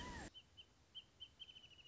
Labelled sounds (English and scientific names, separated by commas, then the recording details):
Wrentit (Chamaea fasciata)
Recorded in Sonoma County, California